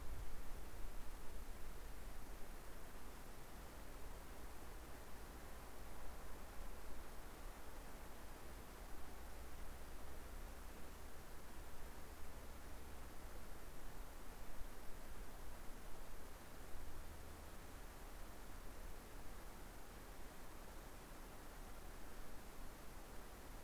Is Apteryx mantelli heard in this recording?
no